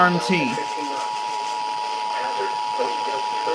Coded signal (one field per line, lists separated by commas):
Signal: Emergency Alert System (SAME) tones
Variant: 853 and 960 Hz attention tone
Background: speech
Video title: Alerts of the Week: S2 Ep 6: Week of 7/12/26 PART 2 (New EAS 1,110-1,124)